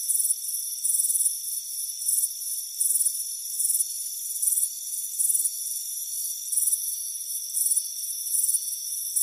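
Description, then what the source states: Crickets giving short, shrill chirp bursts at an uneven pace, roughly one or two a second, over a steady high hum. Crickets chirping on a warm afternoon on a front porch.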